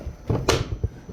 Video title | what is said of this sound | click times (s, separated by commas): How to change your deep fryer oil on a Henny Penny, using a mobile/portable fryer filter oil machine | You hear that click? Easy as. | 0.3 s